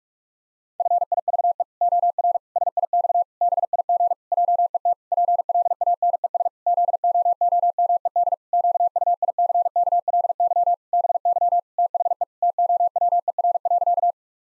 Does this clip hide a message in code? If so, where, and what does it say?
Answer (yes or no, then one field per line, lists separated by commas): yes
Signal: Morse code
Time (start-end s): 0.8-14.1 s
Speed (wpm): 41 wpm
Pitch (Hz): 700 Hz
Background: none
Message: FIVE OR SIX BIG JET PLANES ZOOMED QUICKLY BY THE TOWER.